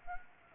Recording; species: mosquito wingbeat signal from an infrared sensor; Anopheles gambiae